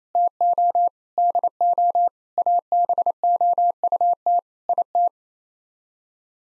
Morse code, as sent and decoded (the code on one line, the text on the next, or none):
- --- / -.. --- / .- -... --- ..- - / .. -
TO DO ABOUT IT